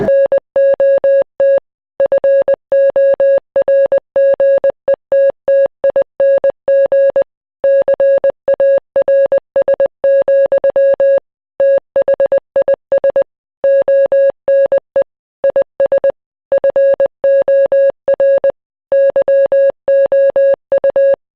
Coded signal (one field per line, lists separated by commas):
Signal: Morse code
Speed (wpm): 20 wpm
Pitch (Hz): 550 Hz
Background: none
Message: NOT FORGETTING CARS, THIS ONE IS FOR YOU